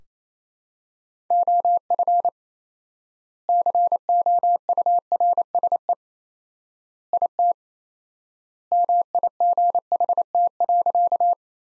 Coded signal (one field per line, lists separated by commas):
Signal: Morse code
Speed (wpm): 28 wpm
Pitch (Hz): 700 Hz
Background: none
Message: OF COURSE IT MIGHT.